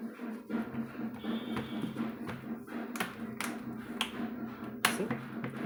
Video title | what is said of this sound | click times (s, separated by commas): #ssd Change IN Lenovo Laptop#latopositivo #lenovoyoga #laptoprepair #ssdn | ఇట్లా lock చేసుకున్న తర్వాత స్క్రూస్ ఫిక్స్ చేసుకోవాలి. | 3.4 s, 4.0 s, 4.9 s